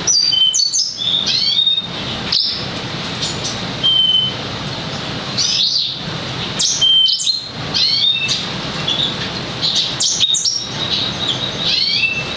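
Lemon-breasted canary song of bright, high chirps and quick slurred whistles, delivered in frequent short phrases over an even background hiss.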